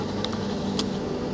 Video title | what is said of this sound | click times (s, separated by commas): What’s in a broke Filmmakers camera bag? | Should be a snap. I hear that, and then it's easier to work with like this. | 0.2 s, 0.8 s